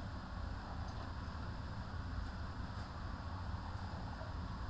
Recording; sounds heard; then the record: poultry house recording; healthy chickens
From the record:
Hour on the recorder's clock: 15